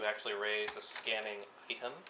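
Someone talks while handling the plastic flip-up scanning piece on a toy morpher body, raising it toward its locked-open position. Faint handling noises sit under the voice, and the piece has not yet locked or clicked into place by the end.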